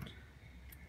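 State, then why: Seated. The plastic lid insert of an Ubbi diaper pail is pushed down over the bag that has been fed through it. A faint, short tick at 0.7 s marks it snapping into place, and the insert is seated.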